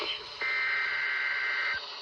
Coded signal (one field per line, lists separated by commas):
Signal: Emergency Alert System (SAME) tones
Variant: header bursts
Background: speech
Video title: EAS 4524-4525: Required Weekly Tests From 06/14/23